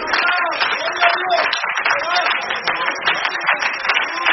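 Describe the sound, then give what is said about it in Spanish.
A church audience claps steadily when the preacher calls on them to clap, a dense, continuous patter of many hands mixed with voices calling out over it, fairly loud throughout. “¡Aplauda si lo va a hacer!”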